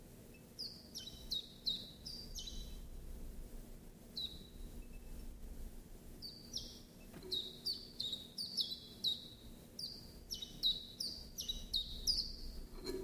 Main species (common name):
Common Chiffchaff